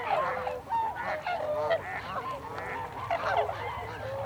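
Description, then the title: Tundra swans calling, a group of overlapping hoots with some clear curving notes, calling swelling and easing in short waves. Tundra swans, 26 December 2020. "2020-12-26-Tundra-Swans"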